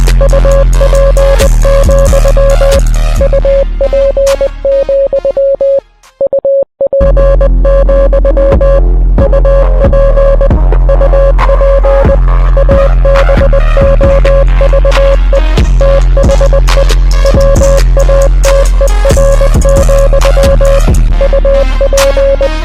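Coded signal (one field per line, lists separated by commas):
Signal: Morse code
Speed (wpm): 20 wpm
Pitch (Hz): 550 Hz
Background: music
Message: UP, UP, UP, UP UP ABOVE THE WATER, UP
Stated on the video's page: Song lyrics converted to Morse code with an online translator, with other song audio in the background.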